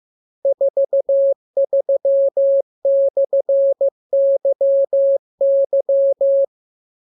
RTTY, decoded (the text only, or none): none